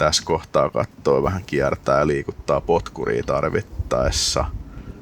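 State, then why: Not seated. On a 2021 Tohatsu 20 hp outboard motor, the water pump impeller housing is being pushed down onto the drive shaft during an impeller replacement, with the propeller turned as needed to line it up. Someone talks throughout over faint mechanical handling noise. Nothing has seated or clicked yet.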